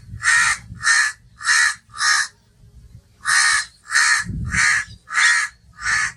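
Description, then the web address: Myna calling loudly in rapid, evenly paced harsh notes, four then a short pause and five more, with light low rumbling beneath. "animal-sound myna-sound"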